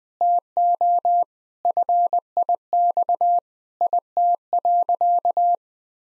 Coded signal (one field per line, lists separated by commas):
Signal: Morse code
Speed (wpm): 20 wpm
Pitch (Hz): 700 Hz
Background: none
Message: TO FIX IT.